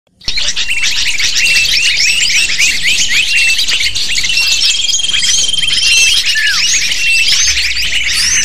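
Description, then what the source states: Lovebird chatter starts abruptly, then carries on as a steady dense chorus of piercing chirps and short squeaky notes. Calls used to lure lovebirds.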